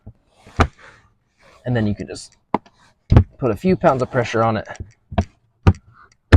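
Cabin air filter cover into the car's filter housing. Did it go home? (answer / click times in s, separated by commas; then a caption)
yes / 5.2 s, 5.7 s, 6.3 s. Someone talks while pressing the plastic cabin air-filter cover of a 2023 Tesla Model 3 back into the car's filter housing with a few pounds of pressure, after lining up its tabs. A few sharp taps sound between the words, then the tabs audibly click into place at 5.2, 5.7 and 6.3 seconds, and the cover is seated.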